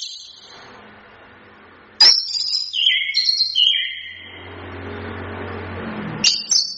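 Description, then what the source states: Chestnut-capped thrush song: a few clear whistled notes at varied pitch over steady background hiss and hum, ending with a short high note. Training recording for songbirds.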